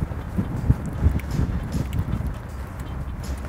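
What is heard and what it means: An aluminum trailer's coupler, with its lock flipped up, is lined up over the hitch ball of a 2015 Ford F150 and lowered by cranking the tongue jack. A steady low rumble carries soft, irregular knocks, with two short sharp hits at about 1.2 s and 1.9 s from the crank mechanism. The coupler has not seated or clicked onto the ball yet.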